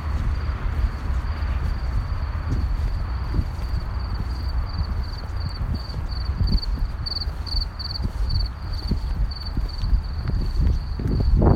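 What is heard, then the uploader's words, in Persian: Crickets sing in a steady, thin, high trill that swells into quick repeating pulses through the middle of the clip. Underneath runs a constant low rumble, with scattered soft thumps and rustles, and a louder whooshing sound rising at the very end. جیرجیرکها.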